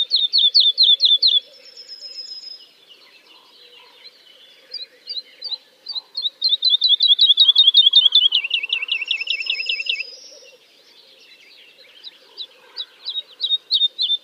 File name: kicau master woodlark